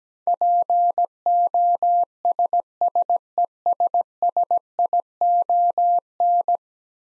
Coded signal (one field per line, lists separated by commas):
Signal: Morse code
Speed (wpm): 17 wpm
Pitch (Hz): 700 Hz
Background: none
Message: POSSESSION